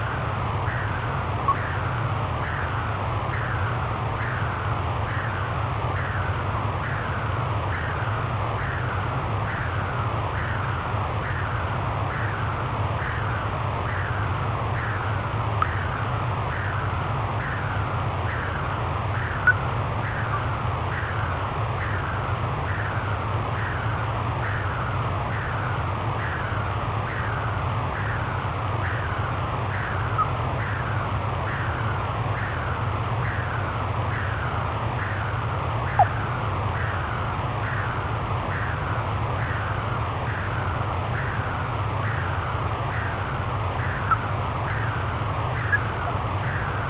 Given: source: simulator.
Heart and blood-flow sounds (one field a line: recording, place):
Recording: transcranial Doppler ultrasound of blood flow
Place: middle cerebral artery (MCA)